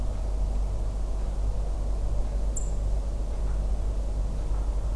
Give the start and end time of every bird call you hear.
[2.56, 2.59] Turdus philomelos

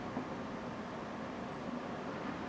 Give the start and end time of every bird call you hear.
[1.51, 1.58] Turdus philomelos

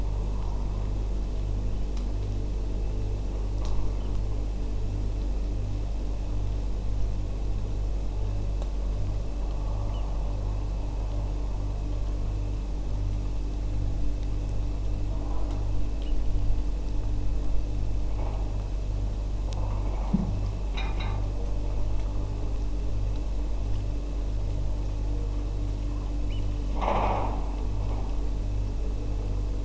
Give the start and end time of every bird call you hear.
[4.00, 4.07] Haematopus ostralegus
[9.92, 10.01] Haematopus ostralegus
[16.05, 16.11] Haematopus ostralegus
[26.29, 26.40] Haematopus ostralegus

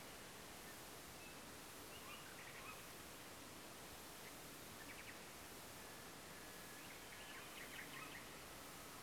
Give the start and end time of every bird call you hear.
[0.67, 0.74] Luscinia megarhynchos
[1.18, 1.34] Luscinia megarhynchos
[1.90, 2.62] Luscinia megarhynchos
[1.99, 2.24] Strix aluco
[2.59, 2.76] Strix aluco
[4.79, 5.12] Luscinia megarhynchos
[5.78, 8.23] Luscinia megarhynchos
[7.33, 7.45] Strix aluco
[7.93, 8.06] Strix aluco

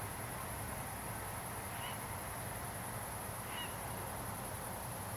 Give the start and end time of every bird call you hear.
[1.80, 1.95] Ardea cinerea
[3.54, 3.69] Ardea cinerea

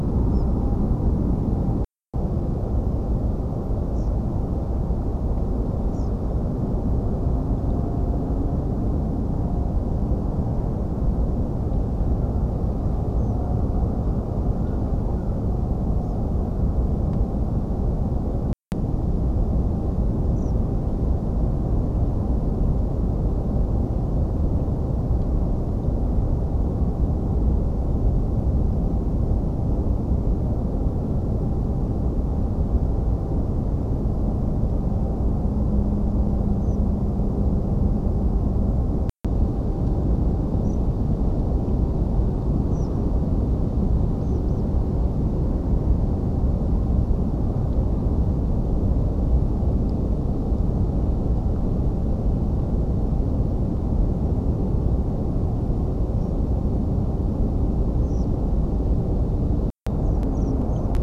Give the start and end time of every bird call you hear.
[0.31, 0.44] Ficedula hypoleuca
[3.96, 4.09] Ficedula hypoleuca
[5.93, 6.08] Ficedula hypoleuca
[13.18, 13.35] Anthus trivialis
[16.03, 16.15] Ficedula hypoleuca
[20.36, 20.51] Ficedula hypoleuca
[36.62, 36.76] Ficedula hypoleuca
[40.65, 40.78] Ficedula hypoleuca
[42.72, 42.87] Ficedula hypoleuca
[44.21, 44.61] Anthus trivialis
[56.21, 56.32] Anthus trivialis
[58.02, 58.25] Ficedula hypoleuca
[60.05, 60.88] Ficedula hypoleuca

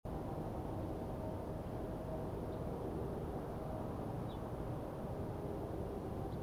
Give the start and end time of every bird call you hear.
[2.50, 2.58] Emberiza hortulana
[4.28, 4.36] Emberiza hortulana
[6.31, 6.37] Emberiza hortulana

